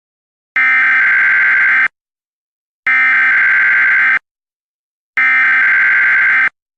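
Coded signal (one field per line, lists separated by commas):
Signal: Emergency Alert System (SAME) tones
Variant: header bursts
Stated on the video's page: Fictional Emergency Alert System scenario with a civil danger warning.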